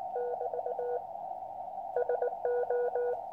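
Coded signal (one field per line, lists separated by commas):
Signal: Morse code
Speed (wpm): 19 wpm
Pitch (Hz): 490 Hz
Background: none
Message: <BT> SO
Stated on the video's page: QCX QRP CW transceiver kit making a contact with England.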